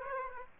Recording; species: mosquito wingbeat signal from an infrared sensor; Aedes aegypti